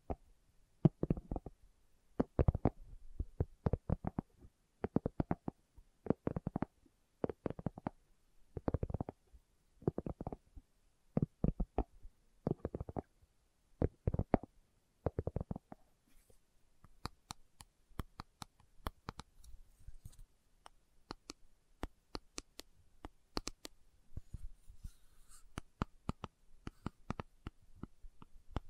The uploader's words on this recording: ASMR Slow Tapping for Deep Sleep (No Talking).